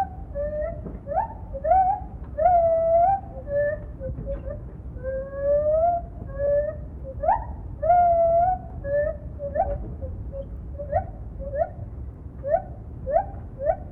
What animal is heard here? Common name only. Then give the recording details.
Lar Gibbon. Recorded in captivity. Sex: female. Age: adult. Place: Tierpark Berlin, Berlin, DE. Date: 1967-11-21. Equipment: Kopie Smaragd. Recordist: Tembrock, Günter. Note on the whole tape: Rufe des Weibchens